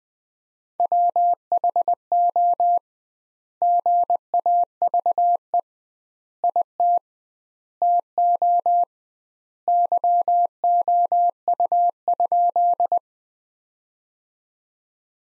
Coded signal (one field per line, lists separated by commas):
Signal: Morse code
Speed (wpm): 20 wpm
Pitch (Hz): 700 Hz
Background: none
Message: WHO GAVE IT TO YOU?